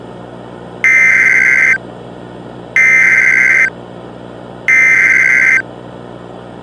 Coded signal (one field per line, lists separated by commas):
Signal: Emergency Alert System (SAME) tones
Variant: header bursts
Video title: Deceit|| EAS Scenario